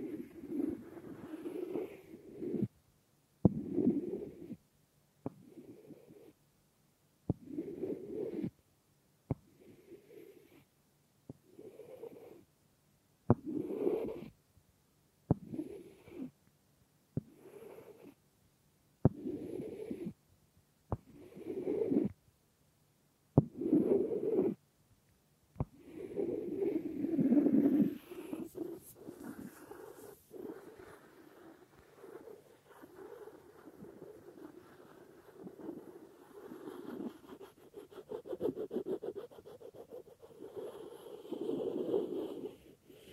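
Wood triggers: regular low rubbing strokes about every two seconds with silent gaps, then continuous scratchy scraping from about 25 seconds on.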